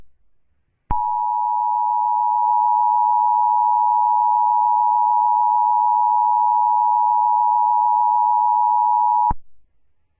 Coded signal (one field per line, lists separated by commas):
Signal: Emergency Alert System (SAME) tones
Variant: 853 and 960 Hz attention tone